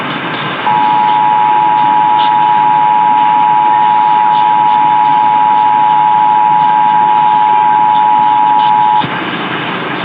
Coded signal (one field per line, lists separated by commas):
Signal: Emergency Alert System (SAME) tones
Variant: 853 and 960 Hz attention tone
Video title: Tennessee RMT on WSM (2/9/22)(EAS 1081)